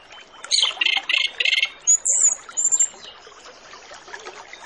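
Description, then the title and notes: Orange-headed Thrush song phrase opening with rapid buzzy repeated notes, then high squeaky slurs and short chattering notes, over a constant hiss. Master lure recording with full filler phrases, used to prompt Orange-headed Thrushes to start singing quickly. "Masteran Anis Kembang Full Isian Untuk Suara Pancingan Anis Kembang Agar Cepat Ngeplong. Suara Burung Anis Kembang"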